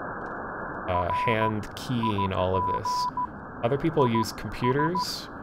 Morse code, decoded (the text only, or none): RIGIS